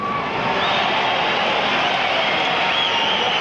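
A dense, steady roar of crowd voices fills the whole stretch, with scattered shouts and calls rising out of the loud, continuous murmur of the audience at the Richfield Arena in Cleveland on 24 March 1975, awaiting a world heavyweight title boxing match with champion Muhammad Ali.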